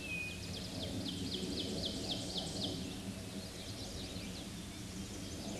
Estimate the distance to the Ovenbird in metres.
about 55 m